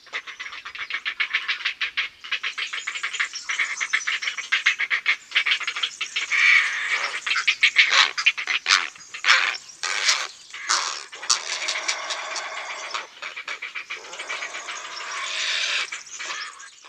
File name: Garza real